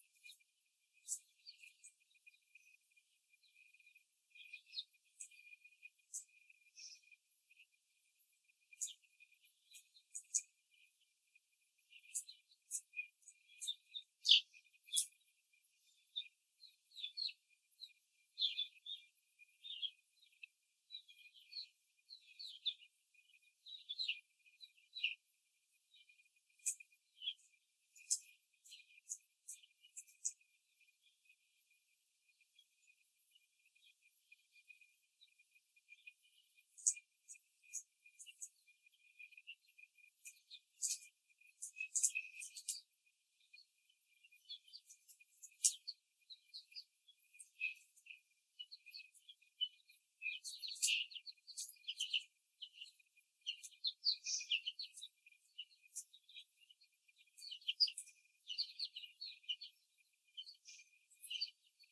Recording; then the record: young laying hens in a cage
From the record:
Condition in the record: before the stressor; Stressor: simulated dog barking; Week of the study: 3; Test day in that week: 2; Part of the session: 3